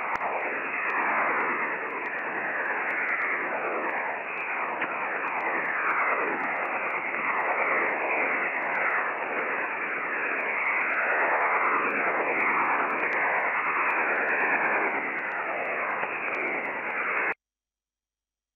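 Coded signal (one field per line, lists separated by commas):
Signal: HF data modem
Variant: STANAG 4285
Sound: steady wide rushing hiss-like data signal, constant level, stopping abruptly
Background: radio static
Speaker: The next two examples will show the performance of the Stark 4285 decoder with two stations, one from Rionong and one from New Calonia. The recordings are in real time.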